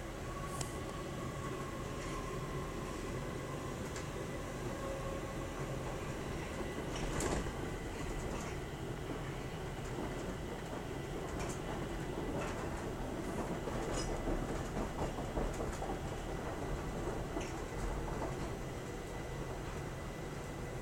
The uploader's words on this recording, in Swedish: Bagarmossen at Tåg mot Skarpnäck.